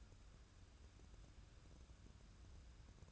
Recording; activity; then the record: daily activity, microphone in the room; take from stove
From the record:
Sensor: 2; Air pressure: 994.3 hPa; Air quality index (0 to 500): 215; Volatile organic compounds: 1000 ppm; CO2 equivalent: 7139 ppm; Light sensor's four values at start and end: 136/324/137/142 and 136/325/137/142